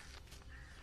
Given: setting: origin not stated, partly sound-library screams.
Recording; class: one-second piece from a danger detection set; normal situation